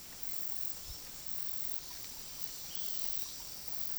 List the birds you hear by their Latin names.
none